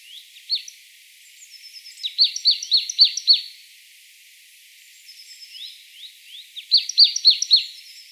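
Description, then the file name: Marsh tit calls in two bursts of rapid, high, down-slurred chips, each run lasting about a second, separated by quieter twittering and a short pause. "Poecile palustris"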